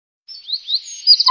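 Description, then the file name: Bird chirping: a few quick, thin, rising twitters, then a rapid run of high, buzzy pips at the very end. "birds chippping"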